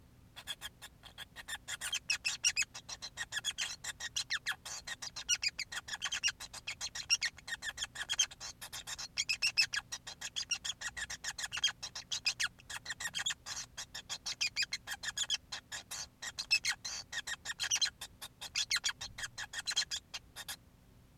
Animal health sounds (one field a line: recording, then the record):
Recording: song of a male Bengalese finch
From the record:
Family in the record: son of father 5